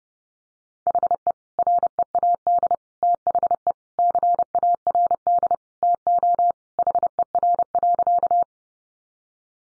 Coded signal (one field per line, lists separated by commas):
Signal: Morse code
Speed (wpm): 30 wpm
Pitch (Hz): 700 Hz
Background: none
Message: HE READ THE CARD TO HER.